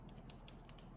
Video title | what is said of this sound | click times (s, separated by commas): Marichel Bag by RLR Creations -- Simply Classic Bag Making Tutorial | you can kind of hear the way it clicks in | 0.5 s